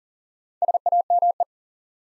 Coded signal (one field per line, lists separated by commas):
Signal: Morse code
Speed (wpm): 40 wpm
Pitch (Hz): 700 Hz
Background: none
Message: SAME